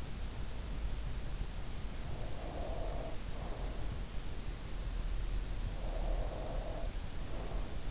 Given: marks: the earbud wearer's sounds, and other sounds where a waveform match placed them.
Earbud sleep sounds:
sounds in sleep by an in-ear microphone; breath
2.01-4.15 s: breath
5.73-7.91 s: breath

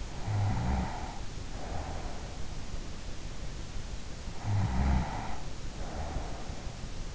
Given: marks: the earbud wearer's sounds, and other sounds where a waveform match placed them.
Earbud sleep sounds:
sounds in sleep by an in-ear microphone; snoring breath
0.00-2.80 s: snoring breath
4.34-6.85 s: snoring breath

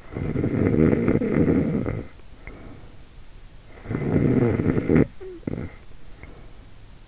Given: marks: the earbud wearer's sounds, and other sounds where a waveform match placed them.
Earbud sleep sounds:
sounds in sleep by an in-ear microphone; snoring breath
0.00-3.03 s: snoring breath
3.60-6.57 s: snoring breath

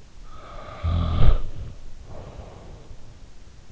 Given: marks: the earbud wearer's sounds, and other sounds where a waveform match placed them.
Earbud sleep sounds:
sounds in sleep by an in-ear microphone; snoring breath, body movement
0.16-3.08 s: snoring breath
1.10-1.63 s: body movement

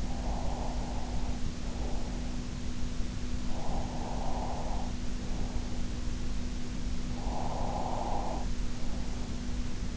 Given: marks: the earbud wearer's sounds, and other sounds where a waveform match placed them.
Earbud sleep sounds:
sounds in sleep by an in-ear microphone; breath
0.00-2.45 s: breath
3.52-5.73 s: breath
7.17-9.33 s: breath

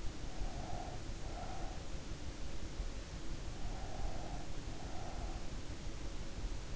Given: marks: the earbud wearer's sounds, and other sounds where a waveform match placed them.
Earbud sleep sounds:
sounds in sleep by an in-ear microphone; breath
0.48-2.10 s: breath
3.82-5.79 s: breath

